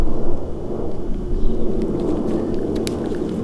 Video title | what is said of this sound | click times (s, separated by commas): In depth Crazy Cart Headset Bearing Replacement | there it goes very very faint click and boom now it won't pull out so we're good there | 2.9 s